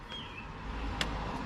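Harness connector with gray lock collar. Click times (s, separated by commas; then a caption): 1.0 s. On a 2021 Chevy Blazer, during a temperature sensor replacement, a harness connector with a gray locking collar is pushed onto its mate. Against a low background hum, a short sharp click is heard at 1.0 s as the connector seats.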